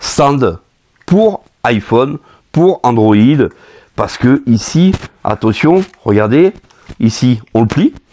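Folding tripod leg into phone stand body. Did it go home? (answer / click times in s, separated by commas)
no / none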